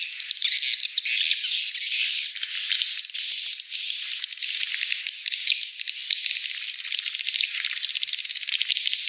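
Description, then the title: Swiftlet calls: pulsed bursts of high twittering, each carrying a short whistled note, come a little more than once a second. Swiftlet house lure sound used to attract swiftlets, from Tien Giang, Vietnam. "Am thanh nha yen Akau Vietnam - Tien giang"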